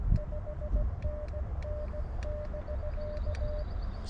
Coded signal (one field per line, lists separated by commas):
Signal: Morse code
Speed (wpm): 17 wpm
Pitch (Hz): 600 Hz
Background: none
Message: 5NN <BK>